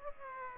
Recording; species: mosquito wingbeat signal from an infrared sensor; Aedes aegypti